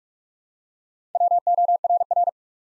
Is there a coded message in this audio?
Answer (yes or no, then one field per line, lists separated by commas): yes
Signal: Morse code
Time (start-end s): 1.1-2.3 s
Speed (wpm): 44 wpm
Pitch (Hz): 700 Hz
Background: none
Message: WORR